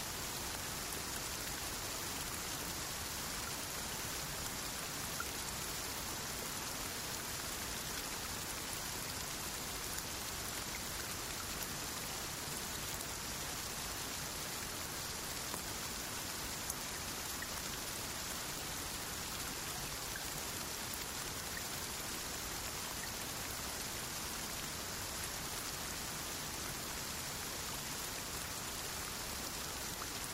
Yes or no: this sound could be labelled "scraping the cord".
no